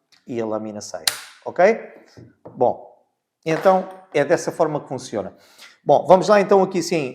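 Someone talks while the clamp lever of a Parkside PSTDA 20 Li C3 cordless jigsaw is pulled to the side to release the metal saw blade from the blade clamp. A sharp snap at 1.1 s marks the blade coming out of the clamp, followed by more talking.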